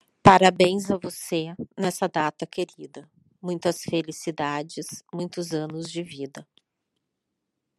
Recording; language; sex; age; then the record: short text; Brazilian Portuguese; female; 50 to 59 years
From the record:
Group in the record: control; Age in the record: 58 years